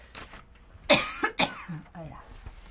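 An adult woman coughs. She has been coughing often lately, which is put down to very dry weather.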